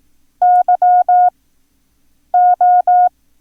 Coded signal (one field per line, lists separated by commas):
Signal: Morse code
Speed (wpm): 18 wpm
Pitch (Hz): 720 Hz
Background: none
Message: YO